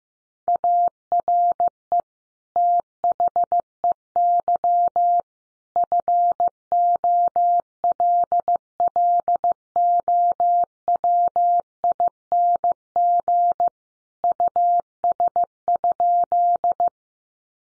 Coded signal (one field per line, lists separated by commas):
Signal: Morse code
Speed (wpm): 15 wpm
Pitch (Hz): 700 Hz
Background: none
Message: ARE THEY FOLLOWING US?